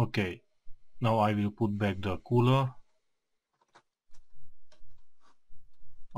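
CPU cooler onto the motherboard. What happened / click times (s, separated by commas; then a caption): The part is being positioned; no seating click yet / none. Someone talks, then a CPU cooler is handled and lined up over the processor on an HP Compaq dc7800 motherboard during an upgrade to a Core2Duo E7500. Only faint handling ticks follow around 3.8 to 4.7 seconds. Nothing has seated or clicked yet.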